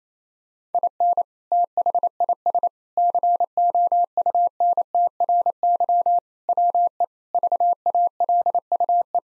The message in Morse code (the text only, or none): IN THIS COUNTRY WE VALUE